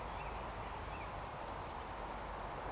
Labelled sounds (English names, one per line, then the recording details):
Eurasian Woodcock
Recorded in Baden-Württemberg, Germany, on 13 June 2020 at 19:25 UTC
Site 43791, 788 m above sea level